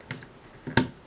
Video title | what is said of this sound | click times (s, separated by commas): Transformers Combiner Wars Leader Class Starscream Review | until you hear it pop like so, and it's in that hole and it sits comfortably. | 0.8 s